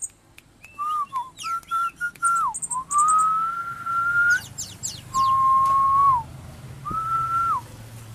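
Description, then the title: Oriental magpie-robin song of long, clear, level whistles, some rising and some falling at the end, mixed with brief high chips and twitters. "Kicau Kacer"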